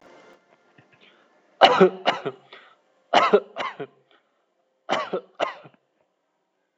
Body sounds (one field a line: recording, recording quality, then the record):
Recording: shallow voluntary cough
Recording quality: excellent, no background noise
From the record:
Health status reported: healthy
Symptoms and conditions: none ticked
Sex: male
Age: 31 years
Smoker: not ticked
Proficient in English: yes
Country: India